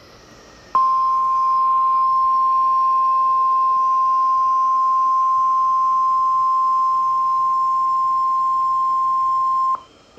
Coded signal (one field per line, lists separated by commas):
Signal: Emergency Alert System (SAME) tones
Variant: 1050 Hz attention tone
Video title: 07-16-2024 Temperature Reaches 100 Degrees/NOAA Weather Radio Forecast (Part 4)